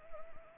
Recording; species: mosquito wingbeat signal from an infrared sensor; Anopheles arabiensis